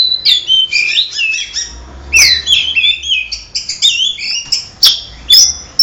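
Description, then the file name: Oriental magpie-robin song of bright, sharply modulated whistles and squeaky chirps in quick bursts, with short gaps between phrases. Simulated songbird contest audio intended for Oriental magpie-robins. "audio simulasi lomba untuk kacer omkicau"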